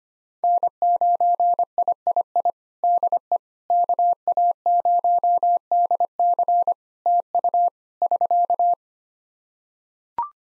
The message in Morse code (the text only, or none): N9III DE KA0DC TU <SK>